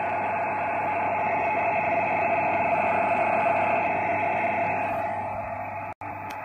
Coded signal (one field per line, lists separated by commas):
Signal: NAVTEX (SITOR-B)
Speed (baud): 100 baud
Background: radio noise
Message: UTC FEB PLATFORM L10-D 53-24.5N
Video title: Receiver DEBEG 7284 - Sailor R-110 A/S SP Radio Aalborg